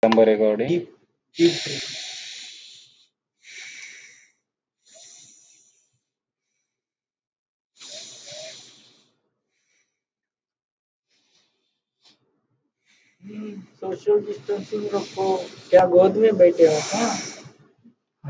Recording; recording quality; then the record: deep breathing; moderate, slight background noise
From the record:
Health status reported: healthy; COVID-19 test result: not tested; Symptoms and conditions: none ticked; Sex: male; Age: 31 years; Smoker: not ticked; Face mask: not worn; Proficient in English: yes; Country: India